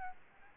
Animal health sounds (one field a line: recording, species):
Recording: mosquito wingbeat signal from an infrared sensor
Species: Aedes albopictus